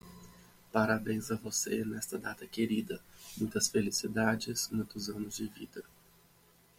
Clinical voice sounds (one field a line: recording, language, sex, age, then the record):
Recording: short text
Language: Brazilian Portuguese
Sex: male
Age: 30 to 39 years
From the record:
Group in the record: control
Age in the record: 32 years